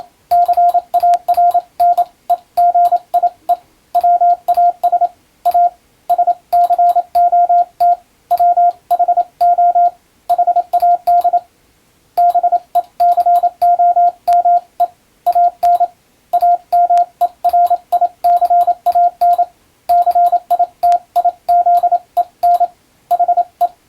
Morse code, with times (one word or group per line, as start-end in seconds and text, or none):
0.3-3.5 CARNEGIE
4.0-5.1 WAS
5.5-5.7 A
6.1-7.9 SCOT
8.3-9.9 WHO
10.3-11.4 HAD
12.2-14.8 BECOME
15.3-15.8 AN
16.3-19.4 AMERICAN
19.9-22.6 CITIZEN
23.1-23.7 HE